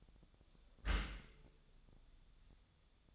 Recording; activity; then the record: daily activity, microphone in the room; close dishwasher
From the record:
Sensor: 3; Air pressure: 1004.7 hPa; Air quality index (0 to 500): 99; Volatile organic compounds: 4 ppm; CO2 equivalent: 1544 ppm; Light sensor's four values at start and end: 7/17/7/7 and 7/17/7/7